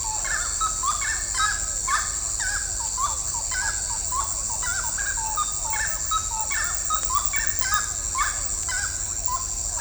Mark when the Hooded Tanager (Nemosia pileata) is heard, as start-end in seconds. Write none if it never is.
none